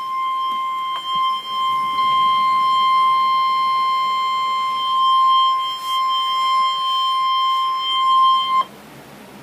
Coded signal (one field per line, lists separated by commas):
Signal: Emergency Alert System (SAME) tones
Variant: 1050 Hz attention tone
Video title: EAS #17: Severe Thunderstorm Warning - June 28, 2013 1:20 PM